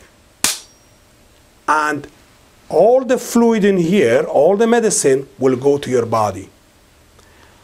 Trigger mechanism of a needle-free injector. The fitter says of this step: you hear a click